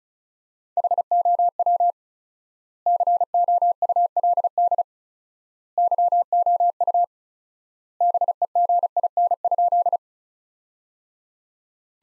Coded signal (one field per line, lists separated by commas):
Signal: Morse code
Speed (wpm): 36 wpm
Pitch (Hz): 700 Hz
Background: none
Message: HOW COULD YOU BEGIN?